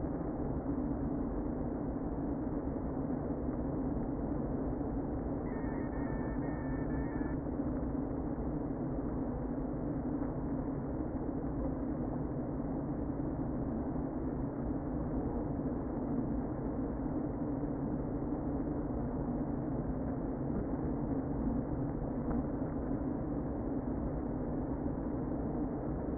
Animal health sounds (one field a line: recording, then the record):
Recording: honeybee colony, microphone inside the hive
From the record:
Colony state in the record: queen present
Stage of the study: before two queens were removed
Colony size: about 60,000 bees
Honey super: yes